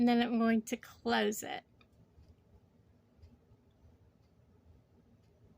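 Someone talks briefly while handling a metal jewelry closure that joins pieces of a copper chain necklace, about to close it. After the talking stops at about 1.6 s, only faint, quiet handling sounds remain against a low background. Nothing has seated or clicked yet.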